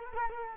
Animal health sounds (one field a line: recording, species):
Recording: mosquito wingbeat signal from an infrared sensor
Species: Culex quinquefasciatus